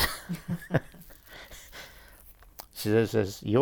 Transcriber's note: both laugh